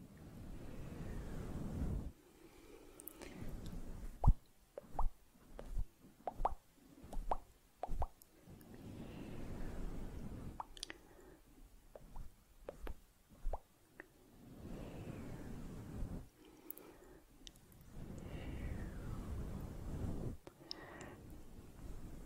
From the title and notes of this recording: ASMR Close Up Soft & Slow Mouth Sounds, Fluffy Mic, Camera Brushing.